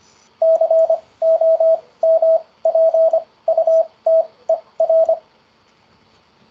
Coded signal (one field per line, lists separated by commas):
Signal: Morse code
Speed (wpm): 25 wpm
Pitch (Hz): 650 Hz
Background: radio noise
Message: COMPUTER